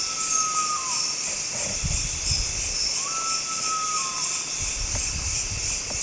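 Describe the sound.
Philippine eagle-owl giving two drawn-out whistled notes that fall slightly at their ends, with crickets trilling high throughout and some low rustling.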